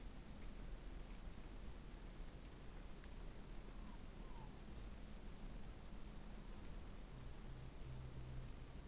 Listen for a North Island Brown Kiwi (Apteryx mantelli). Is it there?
no